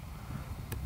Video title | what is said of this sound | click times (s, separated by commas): DJI Phantom 4 RTK - Mission Planning & Setup with the D-RTK 2 Base Station | go ahead and put on the bottom here press down and slide up and you'll hear it actually click and lock in place | 0.7 s